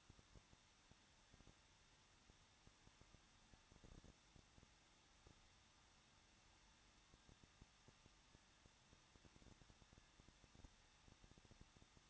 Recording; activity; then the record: daily activity, microphone in the room; no activity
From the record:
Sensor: 3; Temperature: 21.2 degrees Celsius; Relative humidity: 36.2%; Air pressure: 1006.5 hPa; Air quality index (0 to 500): 220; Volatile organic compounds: 39 ppm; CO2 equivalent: 3130 ppm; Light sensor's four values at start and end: 2/3/2/2 and 2/3/2/2